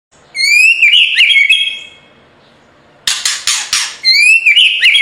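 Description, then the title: White-rumped shama song: a clear whistled phrase, a pause, a burst of harsh rasping notes, then more ringing whistles. Training recording (masteran) of full, continuous rolling song (ngerol) with sharp, forceful phrases (nembak). "Masteran Murai Batu Full Ngerol Nembak"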